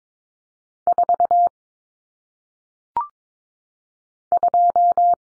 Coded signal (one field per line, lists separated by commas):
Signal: Morse code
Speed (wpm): 22 wpm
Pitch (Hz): 700 Hz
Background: none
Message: 4 2